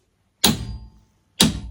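A click-type torque wrench, factory-set to 153 Nm, is pulled on a wheel hub bolt already tightened to 153 Nm. It clicks immediately at 0.5 s, and a second sharp click follows at 1.4 s. This confirms the wrench releases at 153 Nm.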